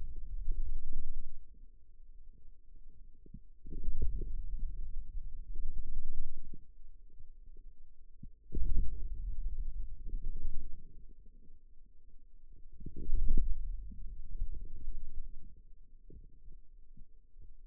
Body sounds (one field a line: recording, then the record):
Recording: forearm muscle sounds (acoustic myography)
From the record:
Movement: wrist extension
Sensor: system 2, bracelet of six BSWA MPA416 microphones around the upper forearm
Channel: 2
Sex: male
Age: 22 years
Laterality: right